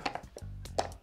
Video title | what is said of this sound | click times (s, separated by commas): iPad 9th Generation + Smart Keyboard Unboxing | oh yeah that clicks into place nicely and then uh | 0.8 s